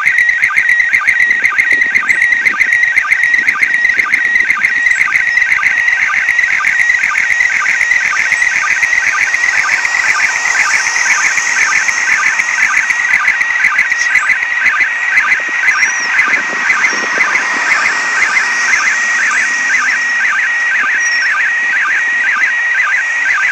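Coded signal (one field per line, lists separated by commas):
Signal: SSTV (slow-scan television)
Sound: warbling, chirpy tone near 2 kHz with rapid rhythmic low blips, continuous throughout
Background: radio static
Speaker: I'm gonna show you how I do a slow scan TV from the ISS so I did a couple passes over the weekend use it my HT ham radio and my arrow antenna and I just saved the recording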